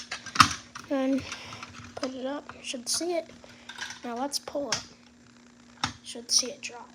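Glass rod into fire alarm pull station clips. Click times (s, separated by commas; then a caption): 0.1 s, 0.4 s. A glass rod is pressed by finger into the clips of an EST fire alarm pull station, with two sharp clicks at 0.1 s and 0.4 s. The rod seats fully, and someone talks afterward.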